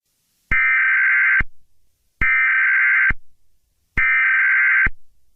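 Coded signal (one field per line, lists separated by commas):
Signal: Emergency Alert System (SAME) tones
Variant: header bursts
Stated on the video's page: Fictional EAS scenario; events not real.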